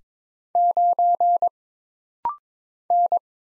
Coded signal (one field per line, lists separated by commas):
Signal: Morse code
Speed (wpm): 22 wpm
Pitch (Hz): 700 Hz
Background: none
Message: 9 N